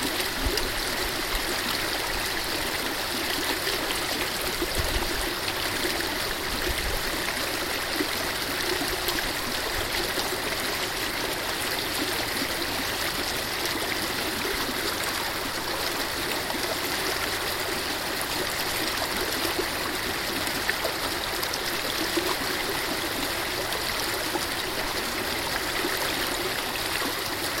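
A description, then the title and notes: Water in an irrigation canal rushes and trickles steadily, a dense, bright churning with no pauses, brief low thumps near five seconds. Irrigation canal through Quisipata. Provence of Bolognesi, Perú.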